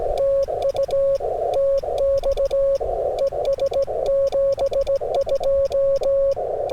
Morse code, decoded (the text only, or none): TU TX ES 72